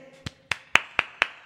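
A single person claps five times in a steady, quick rhythm after Baldur's Gate 3 is announced as the winner, each clap sharp and crisp with a short ring-off, with no voices in between.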